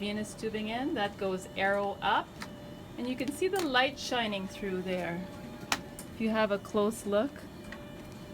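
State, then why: Seated. A plastic blood volume sensor clip is fitted arrow up onto hemodialysis blood tubing, before the venous tubing goes in, while someone talks. A single sharp snap at 5.7 s marks the clip seating on the line, with the light shining through it.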